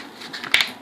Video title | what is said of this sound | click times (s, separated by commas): Ladichesnut Beginners Guide to Painting over Wallpaper | you hear it clamp. You hear it go click. | 0.5 s